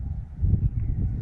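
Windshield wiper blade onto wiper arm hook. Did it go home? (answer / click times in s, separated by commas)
no / none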